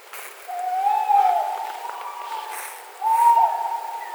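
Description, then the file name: Tawny owl hooting, a long drawn-out hollow note running into a second, louder hoot. "puszczyk zwyczajny Strix aluco"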